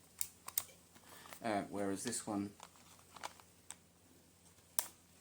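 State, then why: Seated. A Nintendo Switch Joy-Con controller is slid onto the side rail of the handheld console, and someone talks briefly over a few small plastic taps and scrapes. It latches with a sharp click at 4.8 seconds and seats in place.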